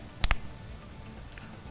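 After the batteries go into the wireless switch for an Edge Amp Throttle Booster 2.0 install, its plastic battery lid is put back on the housing and pushed down until it clicks shut. Two sharp snaps sound at 0.2 s and 0.3 s, the second and louder one being the lid clicking closed, followed by quiet. The lid is seated.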